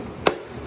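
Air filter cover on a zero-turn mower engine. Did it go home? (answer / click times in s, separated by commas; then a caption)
yes / 0.3 s. The plastic air filter cover on the engine of a Cub Cadet Ultima ZT1 zero-turn mower is closed and pressed shut. It snaps sharply into place at 0.3 s, followed by a fainter, softer sound at 0.7 s. The cover is seated.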